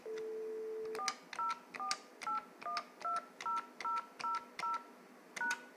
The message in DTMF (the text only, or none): 4048120000#